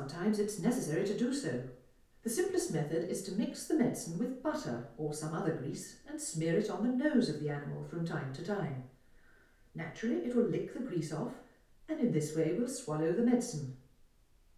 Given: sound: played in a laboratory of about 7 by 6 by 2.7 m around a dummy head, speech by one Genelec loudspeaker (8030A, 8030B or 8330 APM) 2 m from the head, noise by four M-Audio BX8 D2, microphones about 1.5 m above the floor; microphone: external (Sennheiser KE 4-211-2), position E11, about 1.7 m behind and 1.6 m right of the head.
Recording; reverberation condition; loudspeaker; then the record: female speech in English; medium; 60 degrees to the left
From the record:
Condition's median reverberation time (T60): about 510 ms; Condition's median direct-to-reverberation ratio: about -0.5 dB